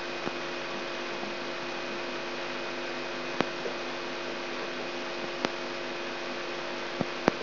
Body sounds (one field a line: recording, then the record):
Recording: brain microelectrode recording played as sound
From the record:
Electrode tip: outside the subthalamic nucleus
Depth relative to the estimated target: 1 mm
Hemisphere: right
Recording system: AlphaMap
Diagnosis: Parkinson's disease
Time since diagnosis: 16 years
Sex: male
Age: 67 years